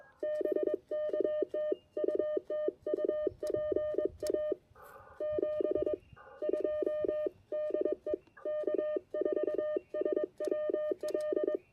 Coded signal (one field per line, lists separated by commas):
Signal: Morse code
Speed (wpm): 22 wpm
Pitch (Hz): 610 Hz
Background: none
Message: BK TU TU PA 72 DE K4SWL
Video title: One Watt and a Wire! QRPp POTA at Clemmons Educational State Forest!